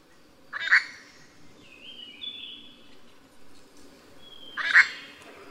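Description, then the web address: Grey treepie giving two loud, harsh, grating calls about four seconds apart, with faint thin whistles between them over a steady low background hiss. Recorded at Yushan. "樹鵲 Yushan"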